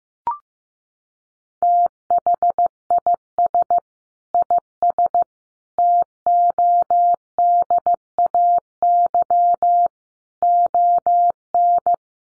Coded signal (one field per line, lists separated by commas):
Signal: Morse code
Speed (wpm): 15 wpm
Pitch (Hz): 700 Hz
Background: none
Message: THIS IS TODAY ON